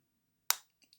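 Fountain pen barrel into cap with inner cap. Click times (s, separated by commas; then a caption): 0.5 s. The barrel of a 1975 vintage fountain pen is pushed into its cap, where the inner cap grips it with a sharp, bright click at 0.5 s; the push is a repeat because it was unclear whether the first click could be heard. Two faint ticks follow at about 0.8 and 0.9 s, and the barrel is seated in the cap.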